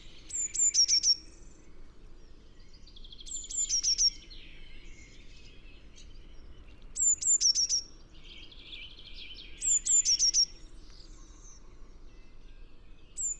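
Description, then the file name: Eurasian blue tit repeating its high, thin phrase four times, two drawn-out notes then a rapid cluster of lower notes, about every three seconds, with a fifth starting at the end, and other birds warbling faintly. "Cyanistes caeruleus"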